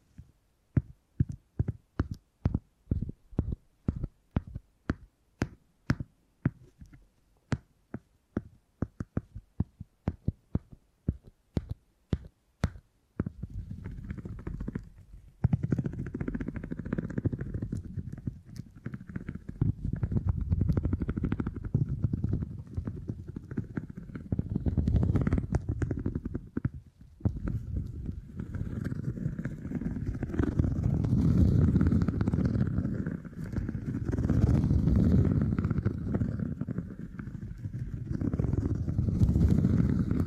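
Beeswax is handled for tingly sounds, starting with a quick run of crisp, separate taps and clicks for about thirteen seconds. After that it shifts to continuous low, squishy kneading and rubbing that swells and eases in waves through the end.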